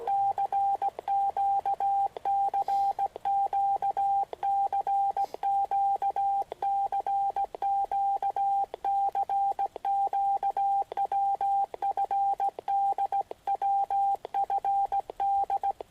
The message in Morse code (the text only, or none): CQ CQ CQ CQ CQ WFD WFD